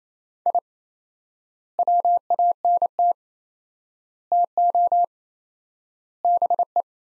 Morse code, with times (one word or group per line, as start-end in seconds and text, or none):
0.5-0.6 I
1.8-3.1 WANT
4.3-5.0 TO
6.2-6.8 BE